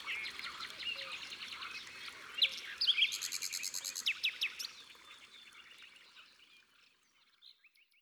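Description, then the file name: Common nightingale song: a busy run of chattering and rapid repeated notes that builds, then fades to scattered soft notes near the end. Song recorded by the water. "Rossignol philomele Au bord de leau"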